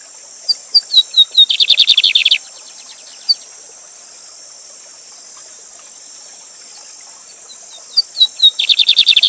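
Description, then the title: Lined seedeater repeating its phrase twice: several sharp descending whistles and a quick buzzy trill, separated by a long pause filled with steady rushing water hiss. Live singing with a waterfall; teacher bird whose song is used for tutoring other birds; song type called gavião negro. "Bigode Gavião Negro Professor De Canto Cantando Ao Vivo Com Cascata"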